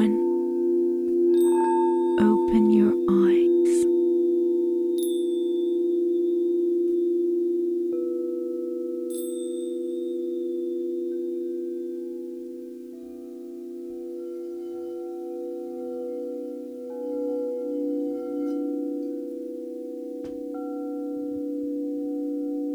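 Crystal and Tibetan sound bowls hum in a steady, sustained drone, with a few quick bright strikes and rattles near the start, then ringing overtones.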